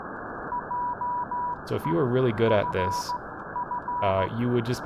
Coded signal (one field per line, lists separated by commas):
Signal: Morse code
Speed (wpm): 15 wpm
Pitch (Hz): 980 Hz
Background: speech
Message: JEFF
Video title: (It's Winter, Shortwave Radio) LudoCrypto 1 Year Anniversary